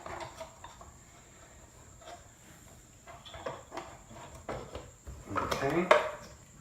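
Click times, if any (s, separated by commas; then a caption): none. A Jebao DP-4 dosing pump housing is handled for a vertical mount mod, with its plastic tab lined up to go into the channel on the vertical wall-mount bracket, while someone talks. Scattered plastic knocks and scrapes are heard, including a louder cluster of handling noise around 5.4–6.0 s. Nothing has seated or clicked yet; the clip ends before the pop of the tab locking into place.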